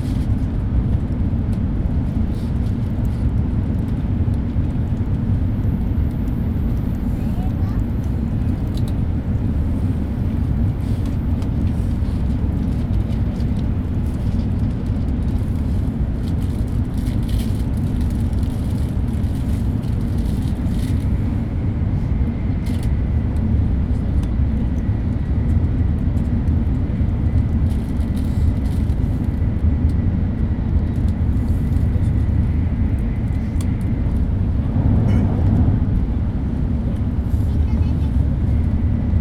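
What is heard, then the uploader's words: Inside a high-speed train, a steady, dense low rumble and roar carries on without pause at an even loudness. A faint thin tone drifts in from about 22 to 34 seconds, and a brief brighter whoosh passes near 35 seconds. Internal Shinkansen Sound - Kyoto to Tokyo - Hikari Super Express. Sound recorded with Zoom H2N in 2 channel surround mode.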